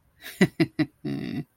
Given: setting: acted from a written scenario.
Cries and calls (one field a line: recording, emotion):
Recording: vocal sound without words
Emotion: embarrassment